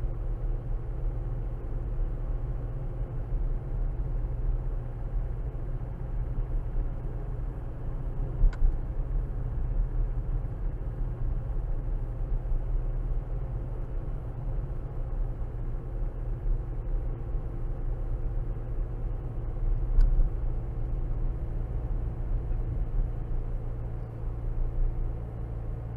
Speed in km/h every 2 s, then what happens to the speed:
40, 40, 44, 44, 44, 42, 42, 42, 42, 40, 40, 40, 40.
0-26 steady at about 42.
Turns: none.